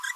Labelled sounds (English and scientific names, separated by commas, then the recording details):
Green-rumped Parrotlet (Forpus passerinus) babbling
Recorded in a nest box in Venezuela
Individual 18B25A4